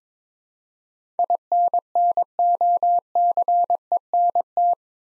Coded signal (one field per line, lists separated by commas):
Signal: Morse code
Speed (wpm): 22 wpm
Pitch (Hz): 700 Hz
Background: none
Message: INNOCENT